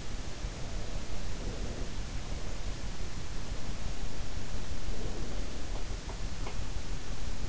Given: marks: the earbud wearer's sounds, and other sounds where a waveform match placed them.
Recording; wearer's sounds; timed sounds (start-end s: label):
sounds in sleep by an in-ear microphone; breath
0.90-3.49 s: breath
4.38-6.81 s: breath